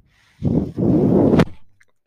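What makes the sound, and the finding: Home mechanical ventilator. Mechanical ventilator.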